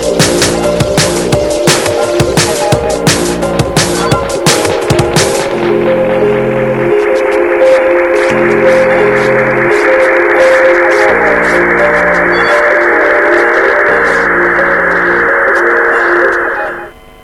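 A radio promo spot with a song: a dense, loud musical stretch with steady harmonic layers and percussive hits, shifting midway into sustained tones over a pulsing low rhythm, then cutting off abruptly at the end.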